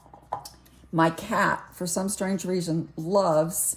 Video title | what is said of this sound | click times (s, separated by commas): New A Gallo Paints, Personalizing my Art Toolkit | they're going to snap right in there | 0.3 s